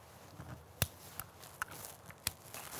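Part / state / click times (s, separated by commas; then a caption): tripod leg angle lock in the tripod spider / seated / 0.8 s, 1.6 s, 2.3 s. Release buttons on a carbon fiber tripod are pushed and the legs are swung out to their angle, so the leg angle locks in the tripod spider catch. Sharp clicks sound at 0.8, 1.6 and 2.3 seconds, with fainter ticks and handling noise between them. The leg angle locks click into place and seat.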